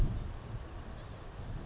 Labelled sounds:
Blue-gray Gnatcatcher (Polioptila caerulea)

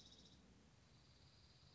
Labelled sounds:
Dark-eyed Junco (Junco hyemalis)

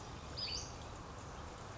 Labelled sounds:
Western Flycatcher (Empidonax difficilis)

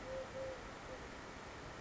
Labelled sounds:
Eurasian Collared Dove (Streptopelia decaocto)

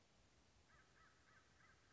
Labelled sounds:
American Crow (Corvus brachyrhynchos)

